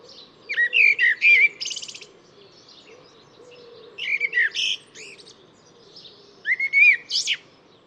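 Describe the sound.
Bird song: three phrases of chirps, buzzy notes and short whistles, roughly three seconds apart, with a soft low hum beneath.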